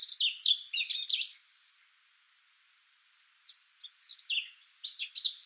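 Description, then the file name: Eurasian blackcap song in short, bright warbled bursts broken by a quiet gap of about two seconds. "Sylvia atricapilla"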